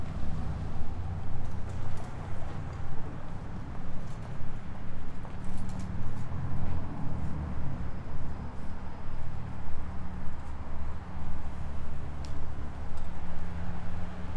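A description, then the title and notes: Street sound on Nefelejcs street: a dense, steady low rumble of traffic fills the whole recording, with murmuring tones drifting underneath. Scattered sharp clicks and taps, like hooves or footsteps, break through now and then, most clearly around six and twelve seconds. Nefelejcs street.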